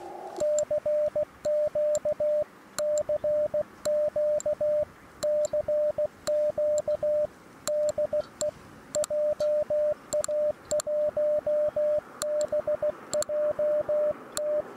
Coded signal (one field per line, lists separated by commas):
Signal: Morse code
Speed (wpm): 16 wpm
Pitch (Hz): 600 Hz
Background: radio noise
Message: CQ CQ CQ DE JA1BJT